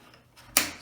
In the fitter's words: slide it in locks in place and you're good to go